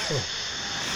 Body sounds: coughing mixed with background sound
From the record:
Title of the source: Dry Afternoon Cough

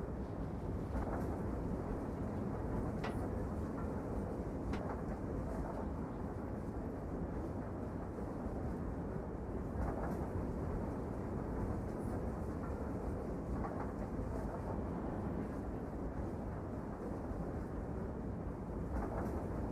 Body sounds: background sound without coughing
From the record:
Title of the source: Train Ride Ambience ambient white noise for sleeping, focus, studying, reading

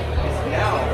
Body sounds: background sound without coughing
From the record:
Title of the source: CITY SOUNDS Busy Bar in the Evening Night - 2 HOURS of Ambiance for Relaxation

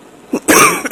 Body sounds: coughing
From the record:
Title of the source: 31 night wet cough

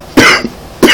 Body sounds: coughing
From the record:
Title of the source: Coughing 60

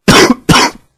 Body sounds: coughing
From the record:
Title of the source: Coughing 46

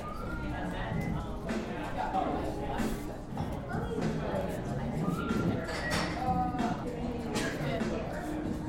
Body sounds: background sound without coughing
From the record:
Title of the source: 60 minutes of coffee shop sounds for study and concentration

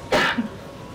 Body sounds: coughing mixed with background sound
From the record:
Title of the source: Barking cough - # 10

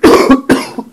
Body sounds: coughing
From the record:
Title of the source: Coughing 77

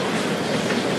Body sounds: background sound without coughing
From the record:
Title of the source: Office Sounds Ambience - Background Noise for Study and Work

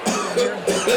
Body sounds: coughing mixed with background sound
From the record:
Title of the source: Residual Phlegmy Morning Coughing and Gagging

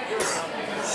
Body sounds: coughing mixed with background sound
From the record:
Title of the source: 34 coughing up crap again

